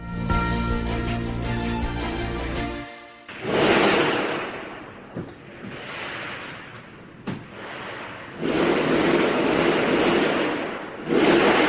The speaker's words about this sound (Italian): Sentite l'audio degli spari, dell'attacco terroristico oggi in Iran, un doppio attacco in realtà, coordinato, che è avvenuto questa mattina a Teheran, la capitale iraniana. È prima una sparatoria all'interno del Parlamento iraniano